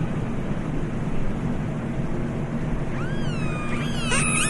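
Orca calls appearing late, a cluster of rising, wavering harmonic squeals after a stretch of constant low rumbling noise.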